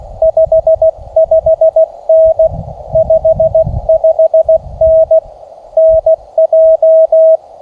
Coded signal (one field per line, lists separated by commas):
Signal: Morse code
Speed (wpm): 17 wpm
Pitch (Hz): 620 Hz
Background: radio noise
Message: 55N 55N NJ